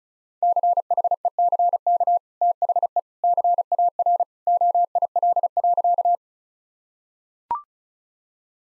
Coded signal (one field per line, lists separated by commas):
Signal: Morse code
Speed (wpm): 34 wpm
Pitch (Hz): 700 Hz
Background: none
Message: CHECK THE CAR OIL.